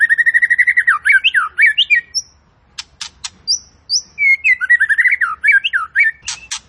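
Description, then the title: White-rumped shama song: a quick warbling run with slurred notes, pause with sparse clicks and high whistles, then another varied warbling burst ending in harsh clicks. Fighter bird, quick to become agitated. "Murai Fighter Cepat Emosi. Murai Petarung Cepat Emosi"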